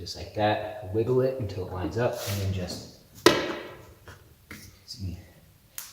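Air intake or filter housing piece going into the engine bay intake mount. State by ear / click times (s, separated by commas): seated / 5.8 s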